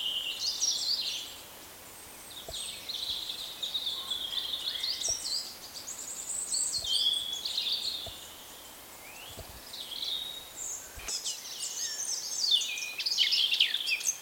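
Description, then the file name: Eurasian blackcap song, several phrases of high, varied warbling separated by pauses, with soft ticking sounds in the background. "Sylvia atricapilla"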